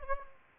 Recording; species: mosquito wingbeat signal from an infrared sensor; Anopheles gambiae